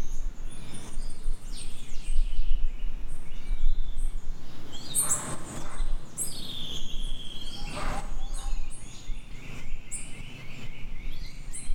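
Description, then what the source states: Birds chirping in a chorus, sparse high twitters and brief calls over continuous low background noise. Tropical dawn chorus of calmer birds.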